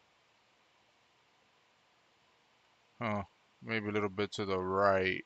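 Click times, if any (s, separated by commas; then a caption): none. A connector or port is lined up by hand on a game console motherboard after its pins are checked and look good, before it snaps in. The first three seconds are near-silent, then someone talks from about 3.0 s to the end. Nothing has seated or clicked yet.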